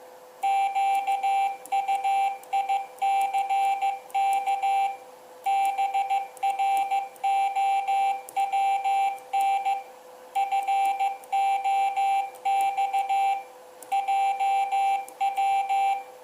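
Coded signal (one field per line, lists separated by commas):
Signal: Morse code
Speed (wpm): 15 wpm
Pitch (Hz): 790 Hz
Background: none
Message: QUICK BROWN FOX JW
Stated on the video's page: Morse from a DIY electronic keyer at prototype stage.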